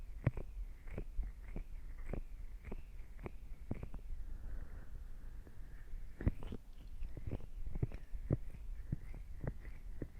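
Ear cleaning, heard as a steady run of crisp scratchy clicks and scrapes, roughly two to three per second, over a low muffled rumble. Around the middle the clicks pause briefly for a softer rustling stroke, then resume more densely toward the end.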